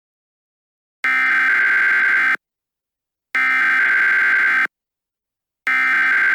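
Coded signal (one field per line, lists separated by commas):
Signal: Emergency Alert System (SAME) tones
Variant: header bursts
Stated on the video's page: EAS tones in a fictional scenario made with Movie Maker 2012.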